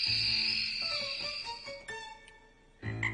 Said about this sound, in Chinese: 咁啊，都市都有虫叫，咁得人惊嘅啦吓。